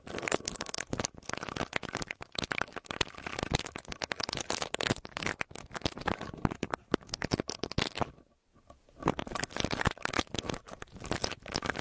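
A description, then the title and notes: An earpick scrapes and rubs in quick, dense bursts of crackly, crinkling scratches that cover everything from low to very bright. The scraping is nearly continuous, with rapid uneven strokes, and falls to a brief silence around eight seconds before resuming. Earpick to help you remove earwax.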